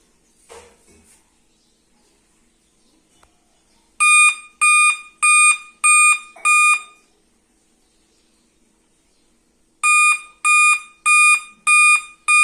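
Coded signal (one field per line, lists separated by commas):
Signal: beep code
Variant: Dell laptop BIOS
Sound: five short buzzy beeps, a pause, then another run of beeps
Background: small room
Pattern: 5 short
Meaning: Five beeps on a Dell laptop indicate a real-time clock or CMOS battery failure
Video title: dell laptop 5 beep sound problem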